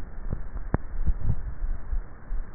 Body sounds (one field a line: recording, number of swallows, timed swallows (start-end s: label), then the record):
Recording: swallowing sounds by neck microphone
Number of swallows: 1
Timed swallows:
1.05-1.97 s: swallow
From the record:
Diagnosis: dysphagia